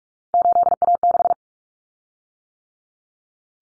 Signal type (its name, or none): Morse code